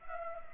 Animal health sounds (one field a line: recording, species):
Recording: mosquito wingbeat signal from an infrared sensor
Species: Culex pipiens